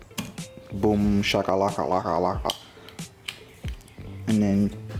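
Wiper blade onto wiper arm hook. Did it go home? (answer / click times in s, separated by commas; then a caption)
yes / 0.2 s. A new wiper blade is pushed onto the hook of a 2013 Scion FR-S wiper arm, and its plastic clip snaps home with a sharp click at 0.2 s, leaving the blade seated. Someone then talks in a sing-song voice, with a few more small ticks and taps in between.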